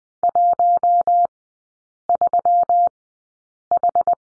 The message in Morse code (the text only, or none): 13H